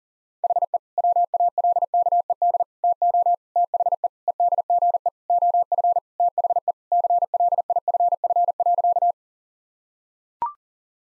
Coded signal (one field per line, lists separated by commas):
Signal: Morse code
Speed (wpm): 40 wpm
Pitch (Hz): 700 Hz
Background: none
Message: HE WALKED TO THE EDGE OF THE CLIFF.